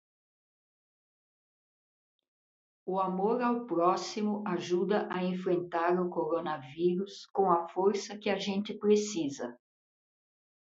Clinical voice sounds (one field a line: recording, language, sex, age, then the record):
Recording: spoken sentence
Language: Brazilian Portuguese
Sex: female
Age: 60 to 69 years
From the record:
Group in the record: control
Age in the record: 67 years